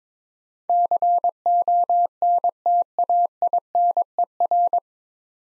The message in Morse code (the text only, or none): CONTAINER